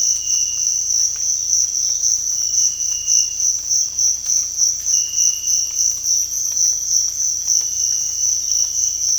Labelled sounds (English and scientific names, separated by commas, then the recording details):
none
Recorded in dense forest near Puerto Asís, Putumayo, Colombia, on 18 December 2024 at 05:30
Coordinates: 0.481, -76.323
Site G100